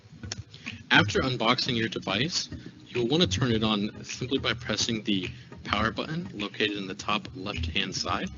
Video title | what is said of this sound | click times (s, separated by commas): Introduction to District Devices | if you do have a keyboard just bring the two pieces together and you'll hear an audible click once they are attached | 0.3 s